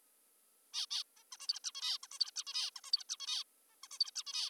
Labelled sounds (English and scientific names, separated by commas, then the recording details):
Zebra Finch (Taeniopygia guttata)
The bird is an adult
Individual g19o3U